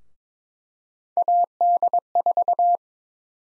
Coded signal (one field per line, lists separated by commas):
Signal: Morse code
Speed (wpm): 22 wpm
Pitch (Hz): 700 Hz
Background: none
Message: AD4